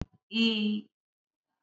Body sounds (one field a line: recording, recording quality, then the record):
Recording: sustained vowel as in beet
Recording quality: excellent, no background noise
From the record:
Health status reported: COVID-19 positive, moderate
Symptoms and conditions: cough, sore throat, fatigue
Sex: female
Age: 48 years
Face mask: not worn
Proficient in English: no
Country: India